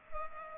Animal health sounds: mosquito wingbeat signal from an infrared sensor; Culex pipiens

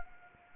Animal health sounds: mosquito wingbeat signal from an infrared sensor; Anopheles arabiensis

